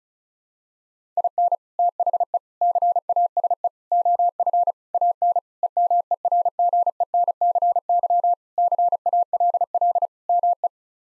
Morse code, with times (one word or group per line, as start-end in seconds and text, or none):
1.2-1.6 IN
1.8-2.4 THE
2.6-3.7 CASE
3.9-4.7 OF
4.9-5.4 AN
5.6-8.3 EMERGENCY
8.6-10.1 CALL
10.3-10.7 ME